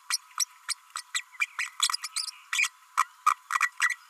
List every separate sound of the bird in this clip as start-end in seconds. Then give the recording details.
0.10-0.18, 0.39-0.45, 0.68-0.74, 0.95-1.02, 1.14-1.23, 1.58-1.70, 1.81-1.89, 2.03-2.08, 2.16-2.26, 2.52-2.70, 2.97-3.06, 3.26-3.35, 3.60-3.70, 3.89-3.97. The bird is a female. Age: 32 days. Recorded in a nest box in Venezuela. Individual 17B32A5